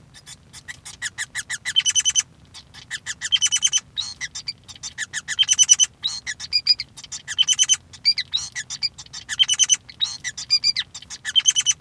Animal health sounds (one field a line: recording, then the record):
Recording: song of a male Bengalese finch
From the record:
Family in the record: son of father 5